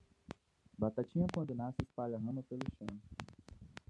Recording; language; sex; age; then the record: short text; Brazilian Portuguese; male; 30 to 39 years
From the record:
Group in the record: control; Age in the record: 30 years